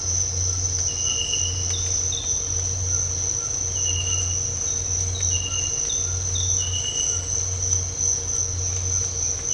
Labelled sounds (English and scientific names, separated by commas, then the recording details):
none
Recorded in dense forest near Puerto Asís, Putumayo, Colombia, on 8 March 2025 at 06:30
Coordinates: 0.468, -76.322
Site GP01